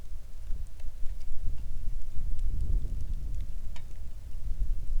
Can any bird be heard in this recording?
no